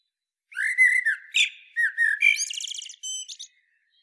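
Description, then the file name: Common blackbird phrase of low fluted whistles that ends in a fast, rattling high twitter. "Turdus merula"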